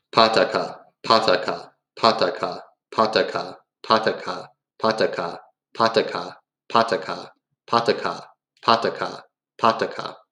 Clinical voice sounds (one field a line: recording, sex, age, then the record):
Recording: repeated syllables /pa ta ka/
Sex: male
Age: 30 to 39 years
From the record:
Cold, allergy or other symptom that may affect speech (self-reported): no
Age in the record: 30 years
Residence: Texas, United States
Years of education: 16